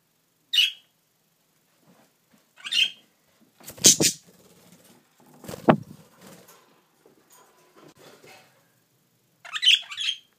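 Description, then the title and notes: Parakeet chirps: a few short harsh notes, with thuds and rustling between them. Pet parakeets at home being offered millet spray labeled for larger parrots. "Of course, I have parakeets"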